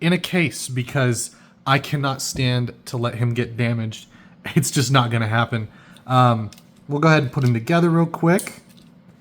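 Someone talks while handling the parts of a Takara Tomy Beyblade X BX-00 Rare Gold Leon Claw 5-60P, a plastic and metal spinning top, as the ratchet and bit are brought to the blade. Only faint handling sounds are heard under the speech, and nothing has seated or clicked yet.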